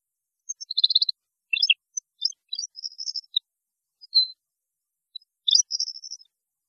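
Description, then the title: European goldfinch song: jumbled, bright twittering with brief trills and a slurred note, continuing in short bursts. "Chant Chardonneret"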